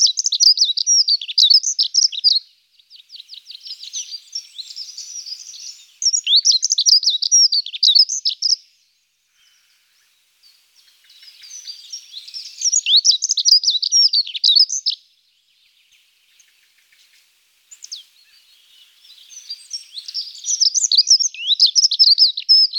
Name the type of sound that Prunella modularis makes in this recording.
song